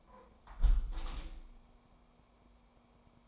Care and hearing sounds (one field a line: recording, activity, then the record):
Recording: daily activity, microphone in the room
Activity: close window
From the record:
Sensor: 1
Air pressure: 1014.9 hPa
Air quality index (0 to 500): 36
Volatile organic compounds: 1 ppm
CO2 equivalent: 575 ppm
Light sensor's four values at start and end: 10/25/10/11 and 10/25/10/11